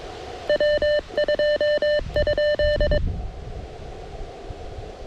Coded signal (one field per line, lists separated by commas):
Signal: Morse code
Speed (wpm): 22 wpm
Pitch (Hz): 600 Hz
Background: none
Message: W2?